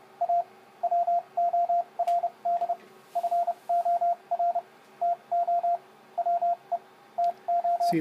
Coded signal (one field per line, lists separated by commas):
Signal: Morse code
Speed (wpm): 30 wpm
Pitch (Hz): 690 Hz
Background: speech, radio noise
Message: A WORD FOR TO WE TO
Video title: Homebrew Arduino CW (Morse) Decoder & 4 Line LCD Display - Cheap